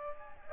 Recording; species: mosquito wingbeat signal from an infrared sensor; Aedes aegypti